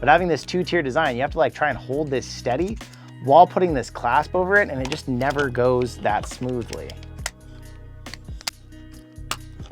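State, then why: Seated. A plastic clasp on a YINKE head strap is pushed over the two-tier plastic strap mount on the side arm of an Oculus Quest 2 headset while the mount is held steady. Someone talks over background music, then sharp plastic clicks follow from about 7.3 s, with the last and strongest click at 9.3 s. The clasp snaps into place, seating one side.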